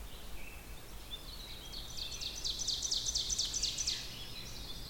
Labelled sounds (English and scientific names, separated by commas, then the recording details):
Ovenbird (Seiurus aurocapilla) song
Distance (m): 60 m
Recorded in boreal forest in Alberta, Canada, on 16 June 2016 at 06:28
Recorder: SongMeter 3, array SBT-3-32
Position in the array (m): 184 m, 44 m
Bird 36